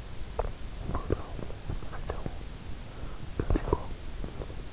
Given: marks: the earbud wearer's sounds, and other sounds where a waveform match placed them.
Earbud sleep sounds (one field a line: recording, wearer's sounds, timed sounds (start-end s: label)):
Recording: sounds in sleep by an in-ear microphone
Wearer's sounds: teeth grinding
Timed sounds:
0.22-4.72 s: teeth grinding